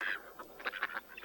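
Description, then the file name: Mallard quacking, a short nasal note followed by a quick run of several rasping quacks close together. "Кряква"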